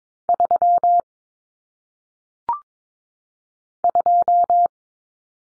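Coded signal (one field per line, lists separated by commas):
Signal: Morse code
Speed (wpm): 22 wpm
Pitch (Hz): 700 Hz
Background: none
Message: 3 2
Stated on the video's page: Morse drill of common single-digit cut numbers at 22 wpm, with T, A, N for 0, 1, 9; each sent twice for head-copy.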